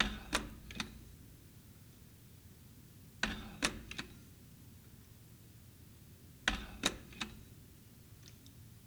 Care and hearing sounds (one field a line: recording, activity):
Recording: daily activity, guitar pickup as the sensor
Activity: manipulate door